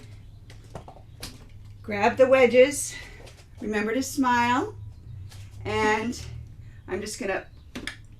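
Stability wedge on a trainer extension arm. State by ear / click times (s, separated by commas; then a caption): seated / 7.8 s, 7.9 s. A plastic stability wedge is pressed onto the extension arm of a trainer while someone talks, with a few faint taps and handling sounds early on. The wedge clicks into place with two sharp clicks at 7.8 and 7.9 seconds, and it is confirmed seated.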